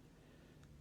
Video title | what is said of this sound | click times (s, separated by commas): Six pin challenge lock picked (again) and gutted | who's next five is giving us a little bit counter rotation and a click | 0.6 s